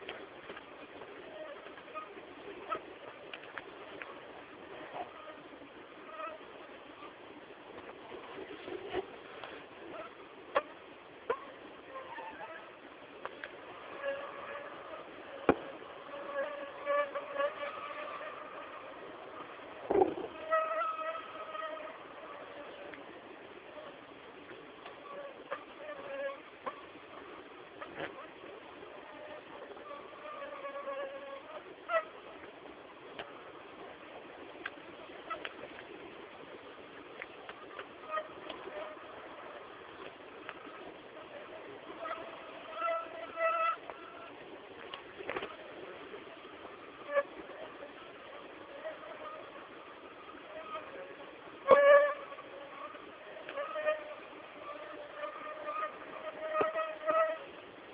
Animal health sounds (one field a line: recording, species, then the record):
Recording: mosquito flight sound by mobile phone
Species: Aedes albopictus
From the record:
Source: CDC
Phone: Samsung T209